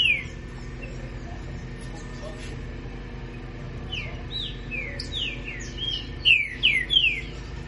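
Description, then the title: Green-winged saltator song: rich whistled slurred notes building from four seconds, ending in loud downward-sweeping phrases, over a steady low hum. "Canto De Trinca Ferro"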